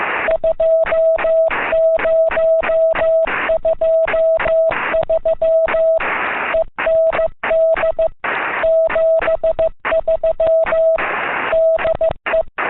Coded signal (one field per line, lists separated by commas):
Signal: Morse code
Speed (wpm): 15 wpm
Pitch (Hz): 650 Hz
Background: music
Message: 2023 END 73 DE